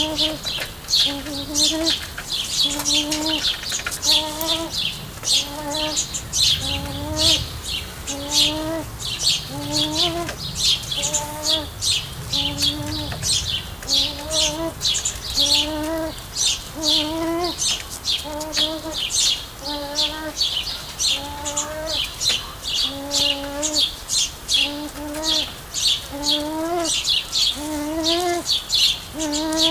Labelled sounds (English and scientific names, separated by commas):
Arabian Partridge (Alectoris melanocephala) call